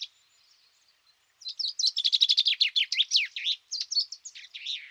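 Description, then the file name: Common chaffinch song: a rapid series of crisp descending notes ending in a flourish, then a second phrase begins. "Fringilla coelebs"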